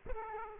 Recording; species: mosquito wingbeat signal from an infrared sensor; Aedes aegypti